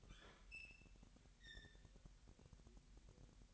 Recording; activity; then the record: daily activity, microphone in the room; open fridge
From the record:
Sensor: 3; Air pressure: 1001.9 hPa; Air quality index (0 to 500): 240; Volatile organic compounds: 44 ppm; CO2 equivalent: 3217 ppm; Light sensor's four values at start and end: 12/37/16/13 and 12/37/16/13